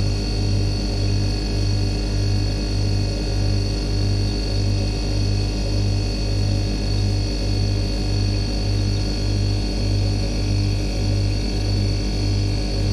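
A fridge compressor drones steadily, its low hum throbbing in a quick, even pulse of about two beats per second. Faint, unchanging whining tones sit above it, and the level stays constant throughout, with no other events.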